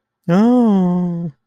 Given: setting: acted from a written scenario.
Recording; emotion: vocal sound without words; elation